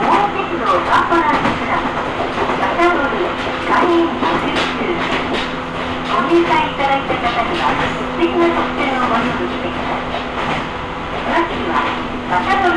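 Onboard a local railway train, a steady rumbling ride with clattering wheel noise, occasional squeals, and faint voices throughout.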